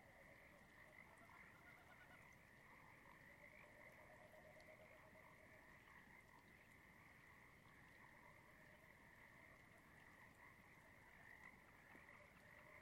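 Trickling water runs continuously beneath a dense, unbroken chorus of frogs at dusk. A steady high trill holds throughout, layered over lower pulsing croaks that swell and overlap, with no pauses across the whole stretch.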